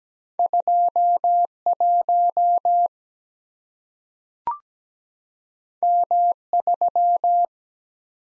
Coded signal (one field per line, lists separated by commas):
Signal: Morse code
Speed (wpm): 17 wpm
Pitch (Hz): 700 Hz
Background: none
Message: 21 M3